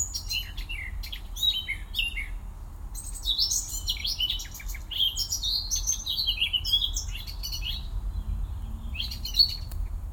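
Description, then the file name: Eurasian blackcap song: scratchy warbling that breaks into clearer whistled notes, with phrases bunched in the middle and a final whistle near the end, over faint low background noise. "Sylvia atricapilla"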